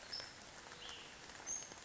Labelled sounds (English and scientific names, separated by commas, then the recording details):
Cassin's Vireo (Vireo cassinii)
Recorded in Sonoma County, California